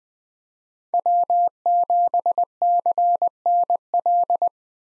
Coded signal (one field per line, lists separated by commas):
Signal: Morse code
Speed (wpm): 20 wpm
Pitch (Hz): 700 Hz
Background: none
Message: W7CNL